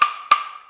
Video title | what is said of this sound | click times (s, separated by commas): 2016-2022+ LEXUS RX 5-dr SUV with Flush Side Rails - Best Thule's Roof Rack Crossbars | so I'll go ahead and get that all the way tight you'll hear the click | 0.0 s, 0.3 s